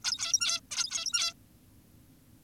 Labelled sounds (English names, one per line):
Zebra Finch